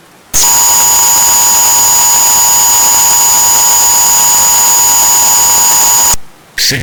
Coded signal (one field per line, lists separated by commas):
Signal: Emergency Alert System (SAME) tones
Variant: 853 and 960 Hz attention tone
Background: speech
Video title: Geostorm (2020) (EAS Scenario)